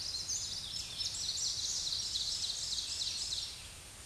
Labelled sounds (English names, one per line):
Ovenbird song